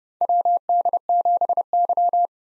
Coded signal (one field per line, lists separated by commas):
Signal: Morse code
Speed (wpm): 30 wpm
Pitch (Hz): 700 Hz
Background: none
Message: WD7Y